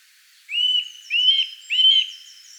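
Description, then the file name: Eurasian nuthatch calls: three loud, clear whistled notes in quick succession. "Sitta europaea"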